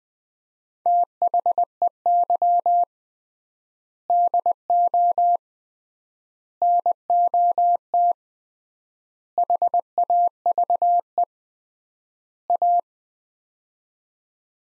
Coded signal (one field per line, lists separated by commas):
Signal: Morse code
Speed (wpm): 21 wpm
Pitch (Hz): 700 Hz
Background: none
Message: THEY DO NOT HAVE A